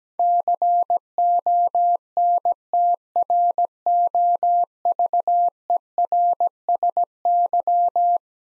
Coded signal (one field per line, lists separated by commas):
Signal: Morse code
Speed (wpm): 17 wpm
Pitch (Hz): 700 Hz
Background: none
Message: CONTROVERSY